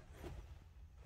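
A plastic steering wheel tray, made to serve as a food, laptop, tablet or writing surface, is handled against the rim of a Scion tC's steering wheel. The steering wheel has been flipped upside down to fit it. Soft low rumbling and light handling noise fill the clip with no distinct knock, and nothing has seated or clicked yet.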